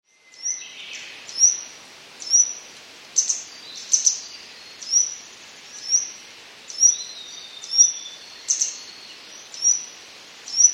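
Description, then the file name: Grey wagtail giving piercing high 'tsit' notes roughly every second against a constant background hiss. "kisekirei"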